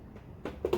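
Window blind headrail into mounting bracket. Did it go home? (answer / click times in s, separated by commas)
no / none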